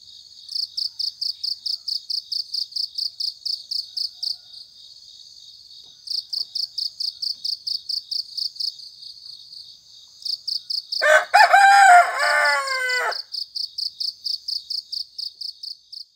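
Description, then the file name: Rooster crowing once, a loud harmonic cock-a-doodle-doo lasting about two seconds, set against pulsed cricket chirping. Rooster crowing in the morning. "suara ayam berkokok di pagi hari"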